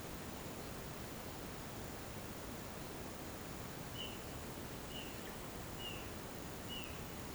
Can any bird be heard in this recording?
yes